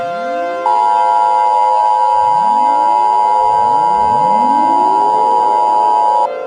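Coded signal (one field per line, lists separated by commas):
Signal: Emergency Alert System (SAME) tones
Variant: 853 and 960 Hz attention tone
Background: music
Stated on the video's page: Fictional doomsday EAS scenario with valid tones and synthesized narration.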